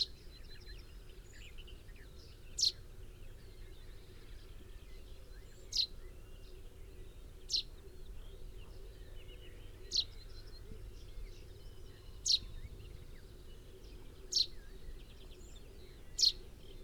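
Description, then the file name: Common chaffinch repeating a clipped, high, descending call note about every two seconds, seven times, over steady low background noise. "Fringilla coelebs"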